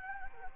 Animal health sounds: mosquito wingbeat signal from an infrared sensor; Anopheles gambiae

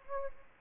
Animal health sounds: mosquito wingbeat signal from an infrared sensor; Anopheles gambiae

